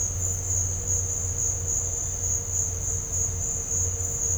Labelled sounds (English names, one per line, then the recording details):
none
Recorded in dense forest near Puerto Asís, Putumayo, Colombia, on 4 March 2025 at 16:00
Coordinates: 0.468, -76.322
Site GP01